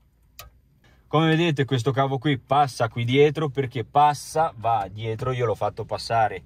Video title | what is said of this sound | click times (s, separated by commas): Come installare il bluetooth nella Fiat Grande Punto | primo slot facendo attenzione e anche qui quando inserito per bene dovete sentire un click | 0.4 s